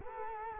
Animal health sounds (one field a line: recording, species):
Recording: mosquito wingbeat signal from an infrared sensor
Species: Culex quinquefasciatus